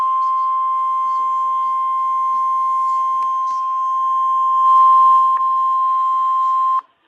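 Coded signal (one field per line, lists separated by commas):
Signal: Emergency Alert System (SAME) tones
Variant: 1050 Hz attention tone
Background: speech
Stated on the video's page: Severe thunderstorm warnings from NOAA Weather Radio streams played online on an iPad and Windows laptops, some recorded with the iPad camera.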